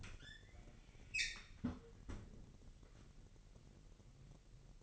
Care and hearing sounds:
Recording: daily activity, microphone in the room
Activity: close fridge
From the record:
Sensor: 4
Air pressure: 1002.8 hPa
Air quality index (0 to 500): 244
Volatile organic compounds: 18 ppm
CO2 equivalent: 2616 ppm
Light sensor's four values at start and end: 4/9/3/4 and 4/10/3/4

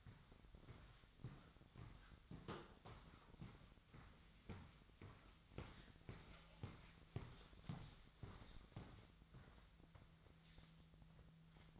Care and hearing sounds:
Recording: daily activity, microphone in the room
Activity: walk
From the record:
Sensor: 3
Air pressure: 1001.5 hPa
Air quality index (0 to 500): 225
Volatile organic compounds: 32 ppm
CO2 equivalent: 2995 ppm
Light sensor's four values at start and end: 11/35/15/13 and 12/36/15/13

